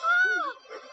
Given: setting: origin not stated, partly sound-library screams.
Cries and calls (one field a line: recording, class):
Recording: one-second piece from a danger detection set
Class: woman in danger